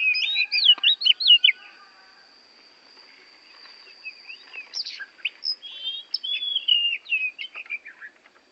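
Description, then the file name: Oriental magpie-robin song: rolling whistled notes, then softer chattering and varied phrases, with a thin steady high tone running behind. Borneo form; a recording used for training songbirds (masteran). "kacer borneo"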